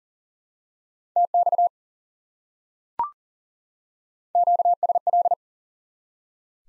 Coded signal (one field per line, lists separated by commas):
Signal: Morse code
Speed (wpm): 40 wpm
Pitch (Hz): 700 Hz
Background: none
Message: TX QSL